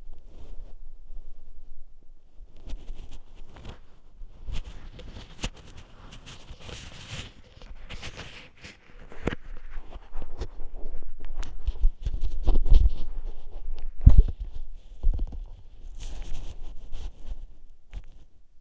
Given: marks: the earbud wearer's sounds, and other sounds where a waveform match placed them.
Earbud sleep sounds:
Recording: sounds in sleep by an in-ear microphone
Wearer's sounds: body movement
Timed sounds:
0.00-18.61 s: body movement

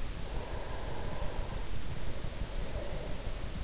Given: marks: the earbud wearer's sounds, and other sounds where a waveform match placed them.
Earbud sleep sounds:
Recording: sounds in sleep by an in-ear microphone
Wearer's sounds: breath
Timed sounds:
0.34-3.49 s: breath

